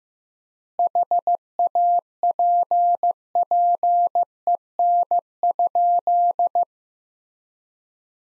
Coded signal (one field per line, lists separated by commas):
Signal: Morse code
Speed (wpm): 15 wpm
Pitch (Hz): 700 Hz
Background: none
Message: HAPPEN?